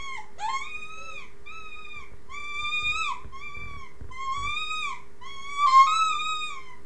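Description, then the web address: Rabbit giving a series of squealing cries: drawn-out harmonic wails, each slightly arching in pitch, over a steady low electrical hum. "wild-game-downloads rabbits"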